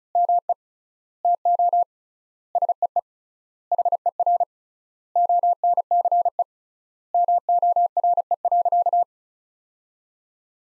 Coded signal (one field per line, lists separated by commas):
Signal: Morse code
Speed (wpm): 36 wpm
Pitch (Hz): 700 Hz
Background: none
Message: ME TO SEE HER ONCE MORE.